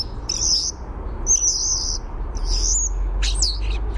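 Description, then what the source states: European Starling song: high, thin, wavering whistles in separate phrases, one ending in a twisting, looping note, over a steady low hum. Male outside a nest cavity, fluttering his wings while singing as if wanting to be fed; flutters most during the characteristic starling sounds.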